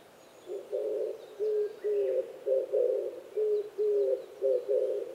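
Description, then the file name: Oriental turtle dove song begins after a quiet half second: low husky coos repeated in a rhythmic series. Recorded 26 April 2010 at 05:29. "kijibato-20100426-0529"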